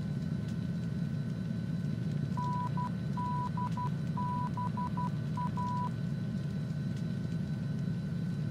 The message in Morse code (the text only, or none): NDBA